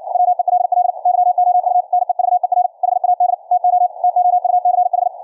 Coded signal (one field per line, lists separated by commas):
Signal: Morse code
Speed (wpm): 56 wpm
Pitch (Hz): 710 Hz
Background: radio noise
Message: WELL YOU NEVER HAD TO TOUCH